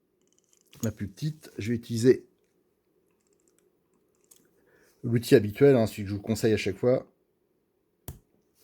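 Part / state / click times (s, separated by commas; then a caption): smaller plastic part onto its mating part on an RC car / seated / 8.1 s. Someone talks while fitting the second, smaller plastic part onto its mating part on a Kyosho MP10 1/8 nitro RC car with the usual assembly tool. After a pause, a single sharp snap is heard at 8.1 s as the part seats home.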